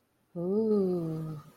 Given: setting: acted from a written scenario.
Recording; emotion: vocal sound without words; awe